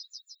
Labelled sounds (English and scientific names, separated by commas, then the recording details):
Yellowhammer (Emberiza citrinella) song
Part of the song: start
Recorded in the Czech Republic on 26 June 2014
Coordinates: 49.846, 13.836
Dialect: XlB
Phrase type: H15
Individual h005